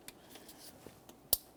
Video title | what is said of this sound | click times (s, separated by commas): How to Replace Dual Radiator & Condenser Fan Assembly 2014-2018 Mazda 3 | Audible click there. | 1.3 s